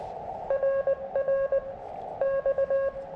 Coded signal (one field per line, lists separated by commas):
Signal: Morse code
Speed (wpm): 22 wpm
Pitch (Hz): 590 Hz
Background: none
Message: RR X